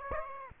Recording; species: mosquito wingbeat signal from an infrared sensor; Aedes aegypti